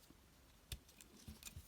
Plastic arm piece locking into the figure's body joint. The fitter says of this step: click that into place